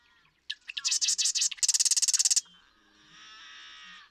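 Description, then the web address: Marsh Wren song: sharp introductory notes leading into a rapid, mechanical rattling trill, then a softer hiss-like buzz. "birdsongforthecurious Marsh Wren"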